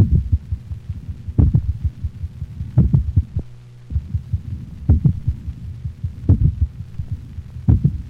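Dog heart by stethoscope over the mitral valve area: complete heart block, with two independent rhythms. Louder but slower ventricular contractions predominate, with faster, lower-frequency atrial sounds heard between them. Apart from heart block from digitalis intoxication, it is an infrequent condition in the dog.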